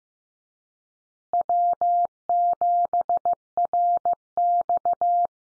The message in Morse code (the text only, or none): W7RX